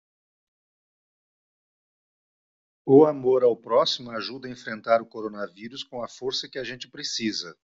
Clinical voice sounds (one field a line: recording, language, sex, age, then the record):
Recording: spoken sentence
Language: Brazilian Portuguese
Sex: male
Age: 60 to 69 years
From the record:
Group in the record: control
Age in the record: 63 years